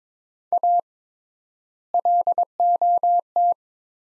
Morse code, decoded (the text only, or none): A LOT